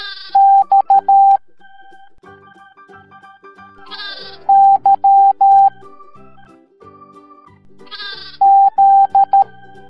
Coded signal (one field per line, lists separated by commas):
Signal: Morse code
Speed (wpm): 13 wpm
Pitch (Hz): 790 Hz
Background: music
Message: X Y Z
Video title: Morse Code Alphabet Sheep Parade